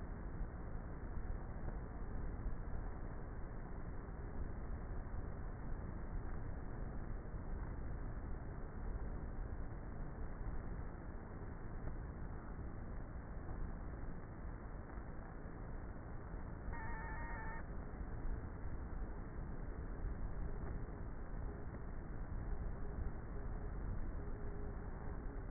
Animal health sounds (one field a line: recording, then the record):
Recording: honeybee colony, microphone inside the hive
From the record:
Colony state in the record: queenless with a low population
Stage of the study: before two queens were removed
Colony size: about 30,000 bees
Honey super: no